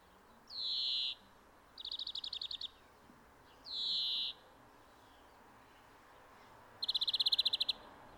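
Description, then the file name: European greenfinch alternating a nasal, slightly falling wheeze with quick bursts of clipped trilled notes, two wheezes and two trills in turn, then quiet. "Chloris chloris"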